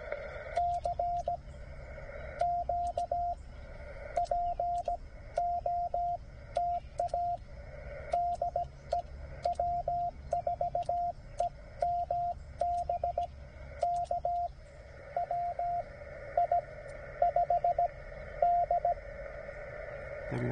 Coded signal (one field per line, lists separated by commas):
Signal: Morse code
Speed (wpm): 17 wpm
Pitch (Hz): 690 Hz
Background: radio noise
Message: CQ POTA DE W4EMB K WI5D